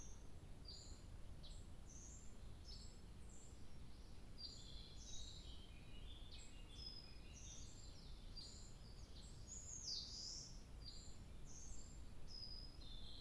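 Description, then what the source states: Birds singing: many high, thin chirps and squeaky notes scattered throughout, with one louder sweeping phrase near the end. 2 July 2023.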